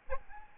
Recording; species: mosquito wingbeat signal from an infrared sensor; Aedes albopictus